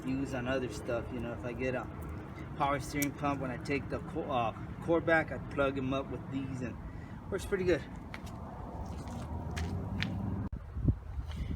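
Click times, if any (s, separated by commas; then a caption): 10.0 s. During a fuel pump replacement on a 2005 Pontiac G6, whose fuel pump line broke and leaked gas when running, the plastic fuel line connector on the fuel pump assembly is pushed back onto its fitting while someone talks. It snaps back in place with a sharp click at 10.0 s, and the connector is seated.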